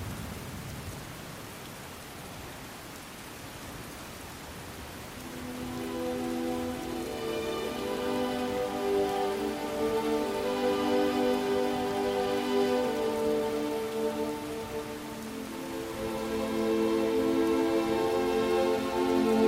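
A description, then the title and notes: Steady rain hiss opens the scene, soft and even. Around six seconds slow, sustained music chords fade in over the rain, low and warm with brighter overtones, shifting gradually and swelling louder toward the end while the rain continues underneath. Music & Ambience - Rainy Solstheim.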